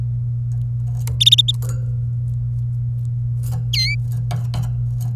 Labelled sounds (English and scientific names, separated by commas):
Domestic Canary (Serinus canaria) song